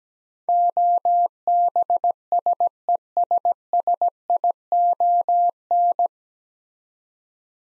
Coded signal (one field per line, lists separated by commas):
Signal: Morse code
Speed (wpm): 17 wpm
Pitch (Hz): 700 Hz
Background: none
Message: OBSESSION